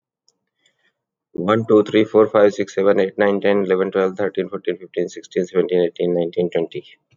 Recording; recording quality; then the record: counting at a fast pace; excellent, no background noise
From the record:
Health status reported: healthy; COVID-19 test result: not tested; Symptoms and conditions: cough, cold, sore throat, fever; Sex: male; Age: 52 years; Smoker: not ticked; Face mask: not worn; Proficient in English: yes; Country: India